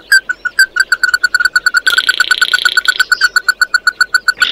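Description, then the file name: Bird calls in a fast, even run of bright clipped notes, with a buzzy drone joining midway. "Tieng chim mat do"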